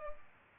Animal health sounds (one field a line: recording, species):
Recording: mosquito wingbeat signal from an infrared sensor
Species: Culex pipiens